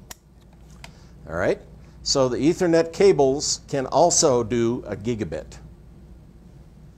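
Ethernet cable connectors are plugged into the ports of a home fiber network terminal box, giving two sharp plastic clicks at 0.1 s and 0.8 s as they snap in and seat. Someone then talks.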